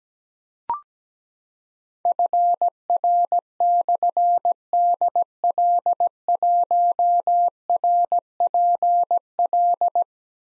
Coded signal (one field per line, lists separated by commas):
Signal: Morse code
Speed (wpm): 17 wpm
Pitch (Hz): 700 Hz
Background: none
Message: FR/DL1RPL